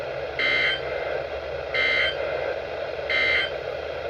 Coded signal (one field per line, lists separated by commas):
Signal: Emergency Alert System (SAME) tones